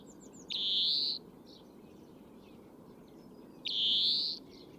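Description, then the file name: European greenfinch calls: two drawn-out, buzzy wheezing notes about three seconds apart, each lasting under a second, against a faint steady background hiss. "Chloris chloris"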